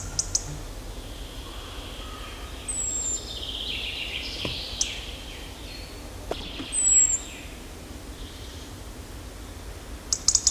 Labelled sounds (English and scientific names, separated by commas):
Common Blackbird (Turdus merula)